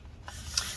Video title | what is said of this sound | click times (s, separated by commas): 13" inch Retina MacBook Pro A1502 Early 2015 Disassembly Battery Replacement Repair | and clicks into place let's zoom out | 0.6 s